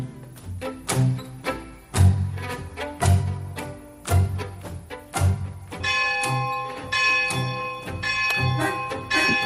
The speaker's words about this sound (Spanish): Las campanas de la parroquia de esta villa miseria llaman a misa